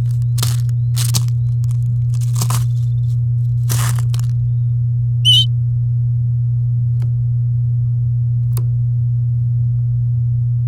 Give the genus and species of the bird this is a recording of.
Serinus canaria